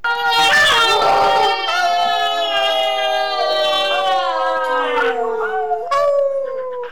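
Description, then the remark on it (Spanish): Several first-grade children imitate wolves, their overlapping high-pitched howls held long and sliding up and down in pitch, loud and continuous for about seven seconds with a few short breaks near the end. “Siguen lobos de primer grado, es esto.”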